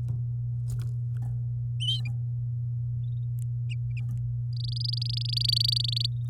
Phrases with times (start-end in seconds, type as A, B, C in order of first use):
4.53-6.06 A